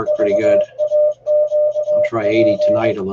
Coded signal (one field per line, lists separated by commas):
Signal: Morse code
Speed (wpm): 22 wpm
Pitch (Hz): 600 Hz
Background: speech, music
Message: VAQP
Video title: Contesting Demo - VA QSO Party 2015